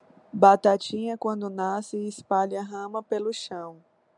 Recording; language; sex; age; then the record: short text; Brazilian Portuguese; female; 30 to 39 years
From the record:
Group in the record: control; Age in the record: 33 years